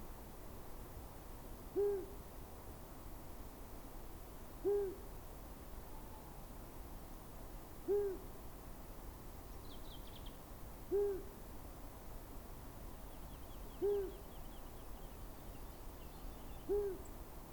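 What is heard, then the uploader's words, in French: A long-eared owl calls in the distance, a single low, soft hoot repeated at a steady pace about every three seconds. Faint high chirps and a thin trill from small birds appear midway, over a low, constant outdoor hum. Plateau de Lesches en diois - Drôme - Nagra BB+ - couple cardio mkh40. Enfin le redoux est là et les premiers chants d'oiseaux commencent à s'installer dans le paysage. Cette nuit, j'ai laissé mes micros près d'un petit bois de pins sylvestres. Durant la nuit vers minuit un hibou moyen-duc est venu chanter au loin.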